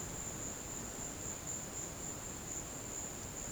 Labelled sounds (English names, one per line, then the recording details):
none
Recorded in dense forest near Puerto Asís, Putumayo, Colombia, on 13 March 2025 at 16:00
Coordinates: 0.486, -76.317
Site G053